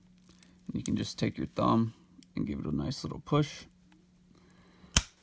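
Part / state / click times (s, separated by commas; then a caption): lock cylinder into round entry door knob / seated / 5.0 s. A reoriented lock cylinder, half-moon facing down and tab vertical, is slid into a round metal Kwikset-style entry door knob and pushed home with the thumb. Someone talks, then a sharp click is heard at 5.0 s as the cylinder snaps and locks into place in the knob.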